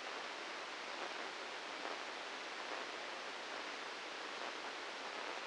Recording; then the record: brain microelectrode recording played as sound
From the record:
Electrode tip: inside the subthalamic nucleus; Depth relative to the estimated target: -3 mm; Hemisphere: right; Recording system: NeuroSet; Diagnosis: Parkinson's disease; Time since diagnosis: 8 years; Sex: male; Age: 59 years